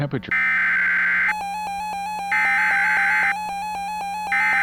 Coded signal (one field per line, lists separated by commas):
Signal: Emergency Alert System (SAME) tones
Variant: header bursts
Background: speech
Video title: Temper Tantrum (EAS Scenario)